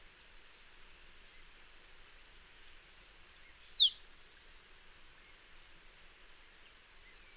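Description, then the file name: Marsh tit calling: three short high bursts spaced about three seconds apart, the middle one a quick cluster of notes sliding downward, with faint background hiss. "Poecile palustris"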